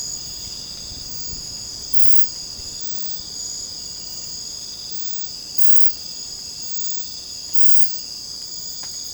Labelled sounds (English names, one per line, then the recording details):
none
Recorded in secondary vegetation near Puerto Asís, Putumayo, Colombia, on 20 December 2024 at 02:00
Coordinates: 0.499, -76.323
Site G010